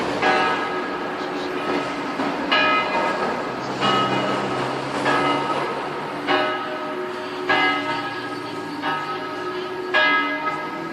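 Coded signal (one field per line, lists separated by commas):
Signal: clock strike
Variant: large tower bell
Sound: a large church bell strikes slowly, about eight tolls, each ringing on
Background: low outdoor rumble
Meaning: Strikes the hour, noon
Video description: Segnale orario sul campanone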